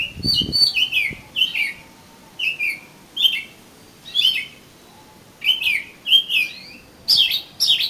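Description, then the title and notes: Oriental magpie-robin song: paired and tripled downslurred whistles repeated at intervals, with a faint thump at the start. "suara kacer. kumpulan suara burung kacer"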